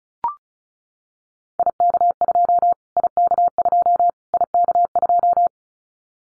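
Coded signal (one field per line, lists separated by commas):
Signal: Morse code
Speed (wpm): 34 wpm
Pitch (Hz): 700 Hz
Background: none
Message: IK2 IK2 IK2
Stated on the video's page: Morse code drill at 35 wpm of callsign prefixes for the top 25 DXCC entities, each prefix sent three times, then spoken, then sent again, for head-copy practice.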